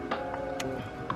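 A plastic wiring harness connector is handled as it is about to be plugged onto the AVCS solenoid of a 2002–07 Subaru WRX/STI, with music playing underneath. Brief handling ticks are heard at about 0.1, 0.6 and 1.1 seconds. The connector has not clicked into place yet and nothing has seated.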